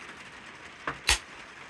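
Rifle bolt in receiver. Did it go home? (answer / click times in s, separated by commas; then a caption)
yes / 0.9 s, 1.1 s. The bolt of a Savage 350 Legend bolt-action rifle is pushed fully down into the receiver, and the rifle is dry-fired after an earlier misfire caused by the bolt not being fully closed. A short click at 0.9 s is followed by a louder, solid firing-pin click at 1.1 s, with quiet background otherwise. The bolt is fully seated and the firing pin strikes properly.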